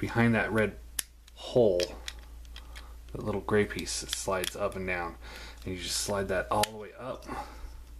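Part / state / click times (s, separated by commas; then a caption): plastic head slider in toy torso / not seated / none. Someone talks while sliding a small grey plastic slider, set behind a red hole behind the tiger head of a toy torso, up toward its locking position, with a few faint handling taps around 2.5 seconds. The head slider has not locked or seated yet.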